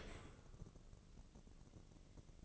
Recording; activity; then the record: daily activity, microphone in the room; open dishwasher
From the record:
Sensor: 4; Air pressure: 1013.2 hPa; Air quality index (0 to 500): 170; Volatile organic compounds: 2 ppm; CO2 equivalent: 1073 ppm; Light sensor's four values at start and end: 78/193/80/82 and 80/198/83/84